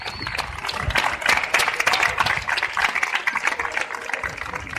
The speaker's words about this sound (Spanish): Esta es la salida del juzgado de los 8 de Yesa con aplausos de toda la gente que acudió allí.